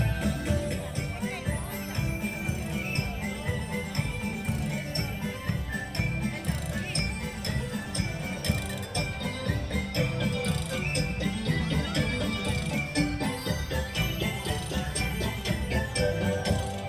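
Music from the Main Street Electrical Parade plays continuously, dense and steady in loudness, with a strong, thumping low end and bright, bell-like tinkling notes on top. Faint voices mix into the sound throughout the whole stretch.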